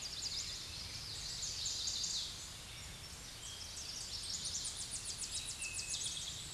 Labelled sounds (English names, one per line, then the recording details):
Tennessee Warbler song
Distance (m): 35 m
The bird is about 20 m above the microphone
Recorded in a Pennsylvania forest on 16 May 2024 at 07:16
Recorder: AudioMoth, point MSD-2131
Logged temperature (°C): 14.8 °C
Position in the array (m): 20 m, 44 m